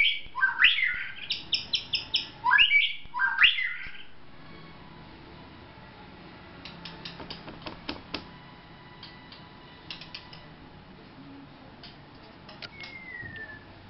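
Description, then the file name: White-rumped shama song: loud bursts of rich warbled phrases in the first four seconds, then scattered faint clicks and a single thin falling whistle near the end. Vietnam. "shama vietnam omkicau"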